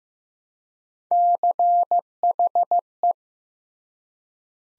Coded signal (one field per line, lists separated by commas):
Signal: Morse code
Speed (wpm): 15 wpm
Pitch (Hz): 700 Hz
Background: none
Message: CHE